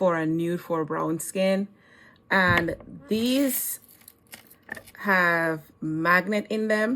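A magnetic lipstick cap is handled near its lipstick tube while someone talks, with a few faint, brief ticks of handling around 4.1–4.8 s. The cap has not seated or clicked shut yet.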